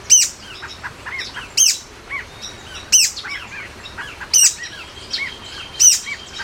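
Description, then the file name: Buff-browed foliage-gleaner song: a sharp, high note repeated about every one and a half seconds, with softer arched chirps between them. "canto do trepador quiete"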